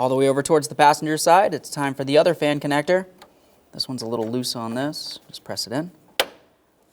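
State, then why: Seated. On a 2012-2015 Honda Civic 1.8L L4 with the AC condenser cooling fan being replaced, a loose cooling fan wiring connector on the passenger side is pressed into the fan motor plug while someone talks. After a short pause, a sharp click at 6.2 s marks the connector seating.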